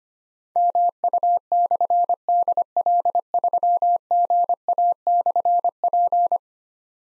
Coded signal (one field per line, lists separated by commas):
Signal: Morse code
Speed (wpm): 25 wpm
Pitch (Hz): 700 Hz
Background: none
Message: MU/DL3GA/P